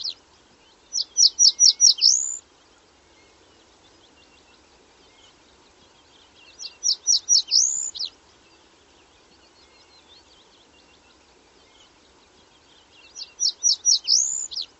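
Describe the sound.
Bird singing short high phrases of rapid chirps finishing with a rising swept note, the phrase returning about every six seconds against faint background noise.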